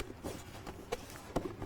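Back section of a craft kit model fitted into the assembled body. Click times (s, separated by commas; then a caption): 0.9 s, 1.4 s. The back section of a craft kit model is eased into the assembled body while the pieces are held together. Two sharp clicks are heard at 0.9 and 1.4 seconds over a low background, and the back section seats in place.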